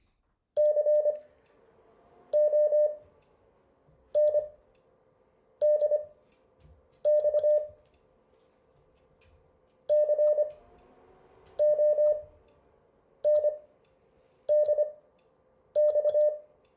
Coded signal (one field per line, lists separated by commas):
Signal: Morse code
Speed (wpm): 25 wpm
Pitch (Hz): 600 Hz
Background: none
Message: CONDX CONDX